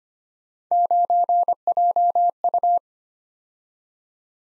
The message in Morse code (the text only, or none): 9JU